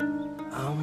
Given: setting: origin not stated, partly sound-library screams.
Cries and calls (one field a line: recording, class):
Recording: one-second piece from a danger detection set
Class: normal situation